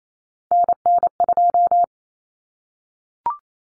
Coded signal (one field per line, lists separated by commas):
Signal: Morse code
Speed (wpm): 28 wpm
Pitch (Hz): 700 Hz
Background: none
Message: NN2